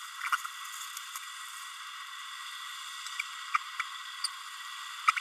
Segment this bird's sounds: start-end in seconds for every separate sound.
0.32-0.36, 3.54-3.57, 3.79-3.82, 5.07-5.11, 5.16-5.19